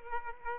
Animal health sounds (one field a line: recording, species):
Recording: mosquito wingbeat signal from an infrared sensor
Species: Aedes aegypti